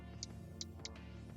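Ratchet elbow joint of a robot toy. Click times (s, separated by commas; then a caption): 0.2 s, 0.6 s, 0.8 s. A plastic ratcheting elbow joint on a robot toy is bent toward 90 degrees, clicking through its detents. Sharp clicks sound at 0.2, 0.6 and 0.9 seconds over steady background music. The joint clicks into place as it moves, with four clicks counted to reach 90 degrees.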